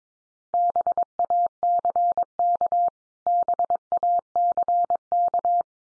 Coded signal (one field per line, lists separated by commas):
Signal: Morse code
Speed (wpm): 22 wpm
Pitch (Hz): 700 Hz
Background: none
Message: BACK BACK